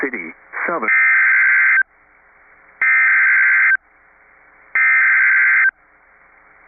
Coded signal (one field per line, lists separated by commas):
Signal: Emergency Alert System (SAME) tones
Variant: header bursts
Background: speech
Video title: Kentucky wants it... | EAS Alerts from May 16th, 2023 (EAS #2574-2585)